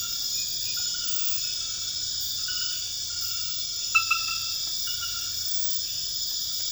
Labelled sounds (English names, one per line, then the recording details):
none
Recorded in dense forest near Puerto Asís, Putumayo, Colombia, on 12 March 2025 at 23:30
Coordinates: 0.484, -76.325
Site G045